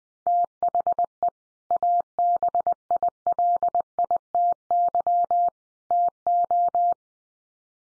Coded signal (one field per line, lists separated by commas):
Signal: Morse code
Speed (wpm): 20 wpm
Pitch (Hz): 700 Hz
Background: none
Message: THE ABILITY TO